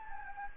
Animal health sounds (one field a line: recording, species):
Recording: mosquito wingbeat signal from an infrared sensor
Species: Anopheles gambiae